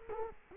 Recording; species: mosquito wingbeat signal from an infrared sensor; Culex quinquefasciatus